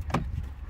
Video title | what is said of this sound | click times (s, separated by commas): vlog autoradio JVC dans la suzuki alto de samantha #tuto #JVC #SUZUKI | Voilà, ouais, ça clipse. | 0.1 s